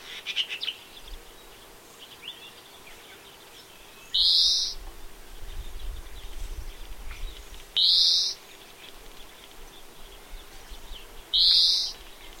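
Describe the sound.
European greenfinch song, three loud buzzy wheezing notes about three and a half seconds apart, with faint chirps from other birds at the start.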